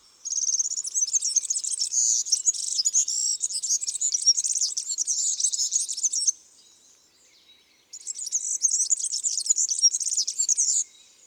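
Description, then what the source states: European Serin song, a very high, fast jangling stream of buzzy grating notes lasting about six seconds, then a short pause and another rapid burst. Voice described as high-pitched and grating.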